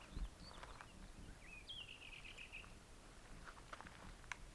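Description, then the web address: Hume's wheatear giving a brief scratchy warbled phrase lasting about a second, after a few faint notes, over steady low rumbling noise. "Hume's-wheatear صدای-پرنده-چکچک-شکم-سفید"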